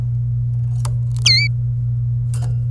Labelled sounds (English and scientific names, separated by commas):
Domestic Canary (Serinus canaria) song